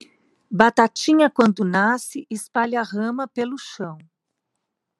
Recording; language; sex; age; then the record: short text; Brazilian Portuguese; female; 50 to 59 years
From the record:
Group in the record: control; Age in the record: 56 years